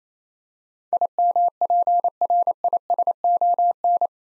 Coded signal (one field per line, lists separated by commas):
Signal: Morse code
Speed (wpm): 29 wpm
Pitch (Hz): 700 Hz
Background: none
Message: IMPRISON